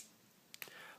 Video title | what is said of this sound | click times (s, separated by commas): Beast Hunters: Legion Twinstrike | the tails the rest of the way up they kind of soft click into place | 0.5 s, 0.6 s